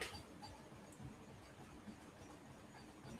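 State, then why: Not seated. An inner plastic brick assembly is handled and pressed toward a plastic brick model body, with soft, low rustling and light tapping and brief sharper ticks near 0.0 and 3.2 seconds. Nothing has seated or clicked yet.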